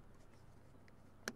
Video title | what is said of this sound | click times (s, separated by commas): How to Replace Rear Door Speakers for a Nissan Frontier (2009) | you have to do is push it in evenly until you hear all four snaps and make sure it looks flush and come on there | 0.9 s, 1.3 s